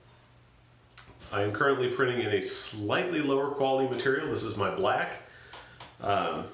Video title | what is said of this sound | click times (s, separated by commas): My Gaming Systems & Streaming Info | you know it does kind of click into place a little bit | 1.0 s